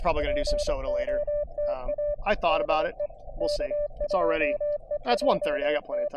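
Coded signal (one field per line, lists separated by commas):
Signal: Morse code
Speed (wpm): 24 wpm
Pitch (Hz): 590 Hz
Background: speech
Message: POTA DE K2EJT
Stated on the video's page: Quick Parks on the Air activation from a state forest fire tower, with bands in good shape.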